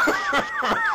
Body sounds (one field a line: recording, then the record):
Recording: coughing mixed with background sound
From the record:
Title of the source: Heavy cold and sore throat coughing.